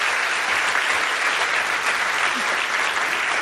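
An audience applauds steadily, a dense, even wash of many hands clapping that holds at a constant loudness for the whole few seconds, with no voices standing out.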